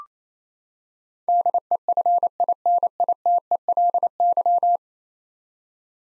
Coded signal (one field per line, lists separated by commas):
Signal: Morse code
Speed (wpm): 28 wpm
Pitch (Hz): 700 Hz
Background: none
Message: DEFINITELY